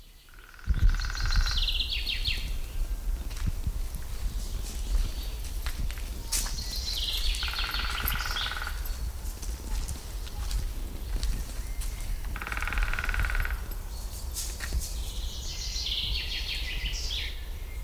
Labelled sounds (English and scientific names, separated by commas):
Common Chaffinch (Fringilla coelebs)